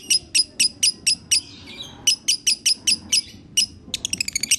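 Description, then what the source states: Lovebird song of evenly spaced piercing chirps, a short twittering pause, more chirps, ending in a rapid rattling trill. Masteran (training) track of lovebird in the konslet singing style.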